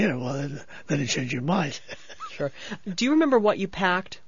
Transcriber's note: he laughs